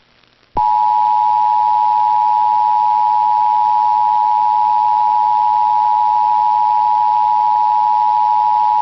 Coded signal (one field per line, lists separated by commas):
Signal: Emergency Alert System (SAME) tones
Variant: 853 and 960 Hz attention tone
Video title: Two State Trouble | EAS Alerts from June 21st, 2023 (EAS #2642-2654)